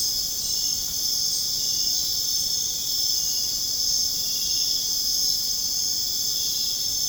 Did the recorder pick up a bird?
no